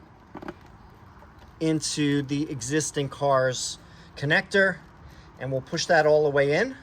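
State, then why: Not seated. The other end of an adapter harness plug is being pushed into the existing wiring connector of a Fisker Ocean One for an "OCEAN" light modification. A few faint handling ticks come around 0.4–0.5 s, then someone talks over low background noise. Nothing has seated or clicked yet.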